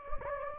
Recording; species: mosquito wingbeat signal from an infrared sensor; Anopheles gambiae